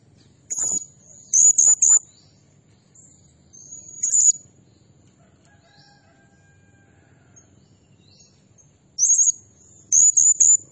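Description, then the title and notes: Blue-crowned hanging parrot making shrill, very high-pitched notes in short clustered bursts, usually two to three quick notes, separated by quiet gaps, over a faint low hum. Tutor (masteran) and lure (pemikat) recording of an actively calling (gacor) bird, described as 'nembak' (shooting notes) and said to agitate all birds. "Burung Serindit Nembak Gacor Bikin Emosi Semua Burung. Suara Nasteran Dan Pemikat Burung Serinditan Gacor"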